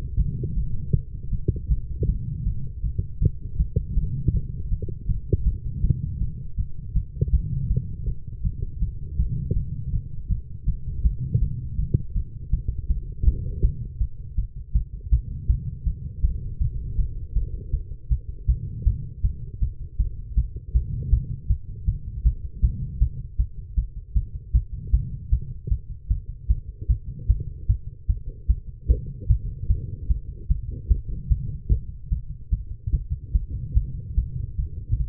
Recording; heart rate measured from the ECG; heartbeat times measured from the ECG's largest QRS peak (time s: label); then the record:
heart sounds by stethoscope; 157 bpm
0.17 s: heartbeat
0.55 s: heartbeat
0.93 s: heartbeat
1.31 s: heartbeat
1.69 s: heartbeat
2.07 s: heartbeat
2.45 s: heartbeat
2.82 s: heartbeat
3.20 s: heartbeat
3.58 s: heartbeat
3.95 s: heartbeat
4.32 s: heartbeat
4.70 s: heartbeat
5.07 s: heartbeat
5.45 s: heartbeat
5.82 s: heartbeat
6.19 s: heartbeat
6.57 s: heartbeat
6.94 s: heartbeat
7.31 s: heartbeat
7.69 s: heartbeat
8.06 s: heartbeat
8.43 s: heartbeat
8.80 s: heartbeat
9.17 s: heartbeat
9.55 s: heartbeat
9.92 s: heartbeat
10.29 s: heartbeat
10.66 s: heartbeat
11.03 s: heartbeat
11.40 s: heartbeat
11.77 s: heartbeat
12.14 s: heartbeat
12.51 s: heartbeat
12.88 s: heartbeat
13.25 s: heartbeat
13.62 s: heartbeat
13.99 s: heartbeat
14.36 s: heartbeat
14.73 s: heartbeat
15.10 s: heartbeat
15.47 s: heartbeat
15.85 s: heartbeat
16.22 s: heartbeat
16.59 s: heartbeat
16.97 s: heartbeat
17.34 s: heartbeat
17.72 s: heartbeat
18.09 s: heartbeat
18.47 s: heartbeat
18.85 s: heartbeat
19.22 s: heartbeat
19.60 s: heartbeat
19.98 s: heartbeat
20.35 s: heartbeat
20.73 s: heartbeat
21.10 s: heartbeat
21.48 s: heartbeat
21.86 s: heartbeat
22.23 s: heartbeat
22.61 s: heartbeat
22.99 s: heartbeat
23.37 s: heartbeat
23.76 s: heartbeat
24.14 s: heartbeat
24.53 s: heartbeat
24.91 s: heartbeat
25.30 s: heartbeat
25.69 s: heartbeat
26.09 s: heartbeat
26.48 s: heartbeat
26.88 s: heartbeat
27.27 s: heartbeat
27.67 s: heartbeat
28.07 s: heartbeat
28.47 s: heartbeat
28.88 s: heartbeat
29.28 s: heartbeat
29.68 s: heartbeat
30.08 s: heartbeat
30.48 s: heartbeat
30.88 s: heartbeat
31.29 s: heartbeat
31.69 s: heartbeat
32.10 s: heartbeat
32.51 s: heartbeat
32.92 s: heartbeat
33.33 s: heartbeat
33.74 s: heartbeat
34.16 s: heartbeat
34.57 s: heartbeat
34.98 s: heartbeat
From the record:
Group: healthy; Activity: light exercise 0-10 s, rest 10-35 s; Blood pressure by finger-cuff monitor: 109/75 mmHg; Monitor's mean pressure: 87 mmHg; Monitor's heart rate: 158 bpm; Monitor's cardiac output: 14 L/min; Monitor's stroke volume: 93 mL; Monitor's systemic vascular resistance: 370 dyn s/cm5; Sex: female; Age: 19 years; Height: 163 cm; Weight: 51 kg